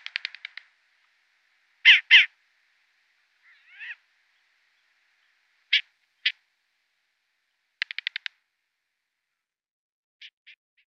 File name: Kalous pustovka